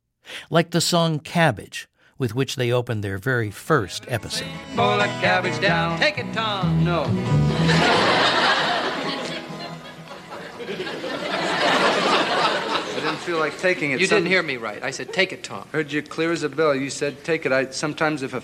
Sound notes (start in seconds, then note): 4.6 singing; 7.5 laughter